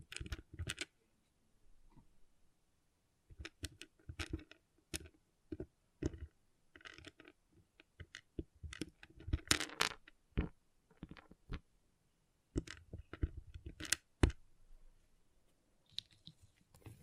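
Small pixel art beads click and clatter in short, sharp bursts, spaced irregularly across the whole stretch with brief silences between. A denser rattling cluster comes around the ten-second mark, and a single loud, bright snap lands near fourteen seconds.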